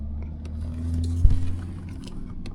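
While reassembling the steering wheel on a 2014 Hyundai Sonata, a wiring connector is handled at the clock spring / airbag harness socket over a steady low hum. Small handling ticks are heard around 1.0, 2.1 and 2.5 seconds. The connector has not seated or clicked yet.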